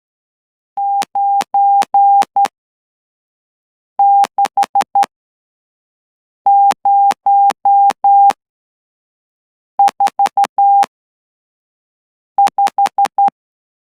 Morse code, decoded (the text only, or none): 96045